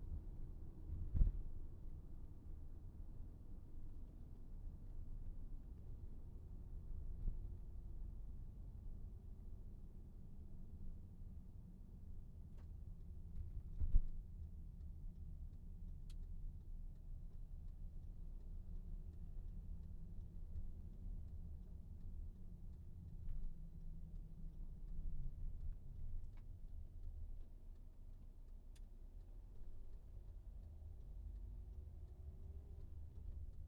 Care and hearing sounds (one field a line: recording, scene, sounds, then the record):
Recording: everyday scene through a hearing-aid microphone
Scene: in a vehicle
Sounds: engine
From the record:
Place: VW T5 Caravelle, diesel engine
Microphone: behind the ear, right, front